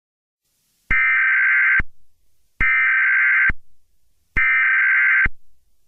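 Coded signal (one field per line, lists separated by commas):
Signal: Emergency Alert System (SAME) tones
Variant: header bursts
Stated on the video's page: Fictional EAS scenario.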